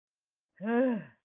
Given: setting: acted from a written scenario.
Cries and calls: vocal sound without words; anger

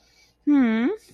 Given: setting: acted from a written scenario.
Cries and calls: vocal sound without words; adoration

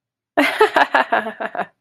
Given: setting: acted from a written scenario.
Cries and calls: vocal sound without words; amusement

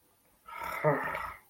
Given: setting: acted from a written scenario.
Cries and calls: vocal sound without words; anger

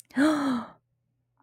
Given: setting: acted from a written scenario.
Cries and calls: vocal sound without words; elation

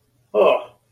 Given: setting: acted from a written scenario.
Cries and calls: vocal sound without words; negative surprise

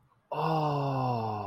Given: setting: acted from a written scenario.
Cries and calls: vocal sound without words; awe

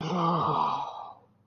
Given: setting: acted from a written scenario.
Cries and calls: vocal sound without words; shame

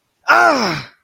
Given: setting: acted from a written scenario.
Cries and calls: vocal sound without words; pain

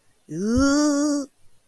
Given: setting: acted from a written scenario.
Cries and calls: vocal sound without words; fear

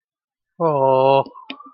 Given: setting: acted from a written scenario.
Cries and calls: vocal sound without words; adoration

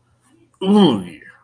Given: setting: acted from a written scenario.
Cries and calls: vocal sound without words; triumph

